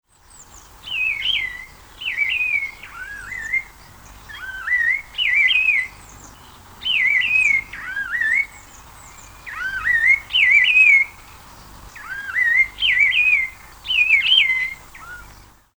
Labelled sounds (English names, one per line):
Emei Shan Liocichla